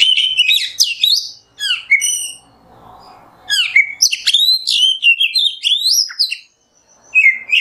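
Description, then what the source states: Oriental magpie-robin pouring out fast, varied whistles and chatters, pausing briefly, then resuming with sweeping high notes. Kacer singing in the nembak style; masteran tutor song for training songbirds.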